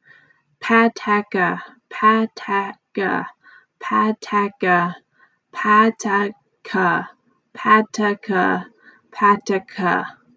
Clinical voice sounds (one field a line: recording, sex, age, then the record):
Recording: repeated syllables /pa ta ka/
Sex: female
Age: 30 to 39 years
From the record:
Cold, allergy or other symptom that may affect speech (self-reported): no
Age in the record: 37 years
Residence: California, United States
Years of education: 16